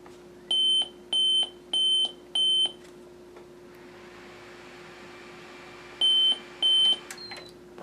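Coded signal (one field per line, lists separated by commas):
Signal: beep code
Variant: PC BIOS POST beeps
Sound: four short high beeps, a pause, then the sequence starts repeating over a steady hum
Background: low electrical hum, fan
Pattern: 4 short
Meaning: Four beeps signal a memory error, here a faulty RAM stick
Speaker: Okay so we've located our faulty Ram stick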